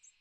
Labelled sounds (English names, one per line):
American Redstart flight call